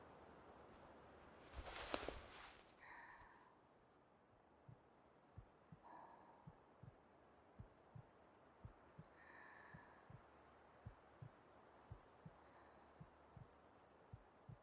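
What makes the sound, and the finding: Heart. Heartbeat (pounding, fast).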